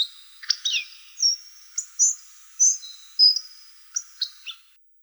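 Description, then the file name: Hawfinch calling with high, clipped tick notes and brief thin whistles, a few sliding downward, spaced unevenly over a few seconds with no other sounds. "Dubonos"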